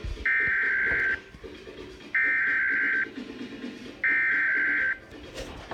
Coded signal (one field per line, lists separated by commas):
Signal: Emergency Alert System (SAME) tones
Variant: header bursts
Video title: EAS #54 Required Monthly Test